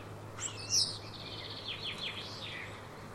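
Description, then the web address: Common starling giving a sharp high whistle, then a run of rattling, squeaky notes, with a constant low background drone. "Deverinetal 2025. Bird Only"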